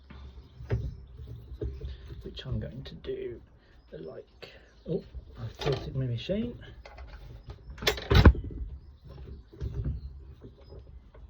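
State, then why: Not seated. A JCB MS-210SB mitre saw is handled while its tilted head is set back and an adjustable part is moved toward locking into the saw body. Someone talks over several knocks and handling sounds, with the sharpest knocks near the end. The clip ends before the part goes home, so nothing has seated or clicked yet.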